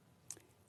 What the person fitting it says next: I know a lot of you will know this already, but that just simply clicks into place.